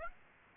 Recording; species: mosquito wingbeat signal from an infrared sensor; Aedes aegypti